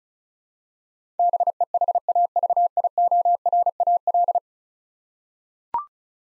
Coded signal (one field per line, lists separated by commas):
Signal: Morse code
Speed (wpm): 36 wpm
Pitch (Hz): 700 Hz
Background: none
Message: BEHAVIORAL